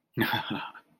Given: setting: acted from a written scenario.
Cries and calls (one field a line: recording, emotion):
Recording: vocal sound without words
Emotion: amusement